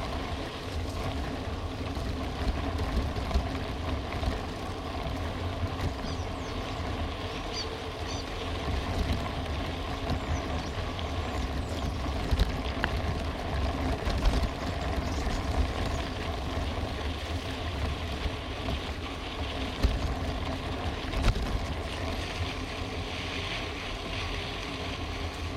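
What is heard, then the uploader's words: A vehicle rides along a dirt track between sugarcane fields, its engine a steady, low droning rumble that holds an even level throughout. Faint rattles and small knocks from the rough ground come through now and then over the constant hum. Sugarcane Ride. It's almost noon and a high and hot sun burns down on the powder like dirt that goes deep in between the sugar cane plantations of the city of Engenheiro Coelho.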